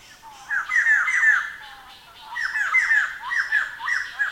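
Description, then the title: White-crested laughingthrush cackling in two loud, excited bursts of rapid, downslurred chattering notes, separated by a brief lull. "White-crested Laughingthrush (Garrulax leucolophus)"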